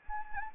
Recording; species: mosquito wingbeat signal from an infrared sensor; Anopheles arabiensis